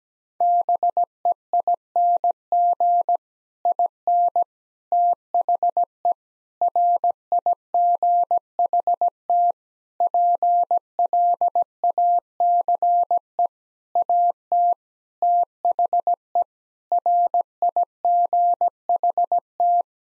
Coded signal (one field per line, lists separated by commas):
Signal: Morse code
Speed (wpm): 17 wpm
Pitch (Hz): 700 Hz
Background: none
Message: BEING IN THE RIGHT PLACE AT THE RIGHT